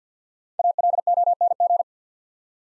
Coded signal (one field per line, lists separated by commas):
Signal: Morse code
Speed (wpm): 52 wpm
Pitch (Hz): 700 Hz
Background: none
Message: ALONG